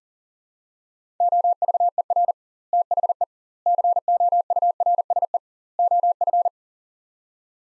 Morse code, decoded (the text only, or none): OVER THE COURSE OF